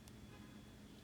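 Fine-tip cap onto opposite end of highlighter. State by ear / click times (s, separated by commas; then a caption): seated / 0.1 s. A fine-tip plastic cap is pushed onto the opposite, chisel end of a Mildliner highlighter, a fit that was expected not to fasten. A short, sharp click sounds at 0.1 s over a low, steady hum, and the cap seats securely on the chisel end.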